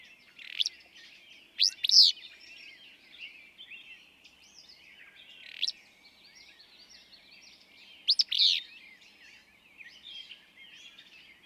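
Willow flycatcher song: several short, sharp, buzzy phrases at irregular intervals, over a soft chorus of other small birds chirping.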